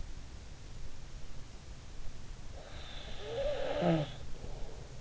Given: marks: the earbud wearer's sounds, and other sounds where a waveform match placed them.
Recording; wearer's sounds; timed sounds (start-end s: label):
sounds in sleep by an in-ear microphone; snoring breath
2.45-4.99 s: snoring breath